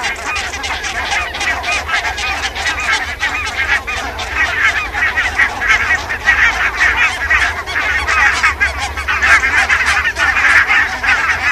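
Barnacle goose: barnacle geese calling in a big flock, continuous overlapping yaps and short honks.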